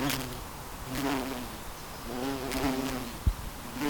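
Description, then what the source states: Bumblebee buzzing: a low droning hum that wavers in pitch, with a single sharp tap near the end. Bumblebees recorded in a garden.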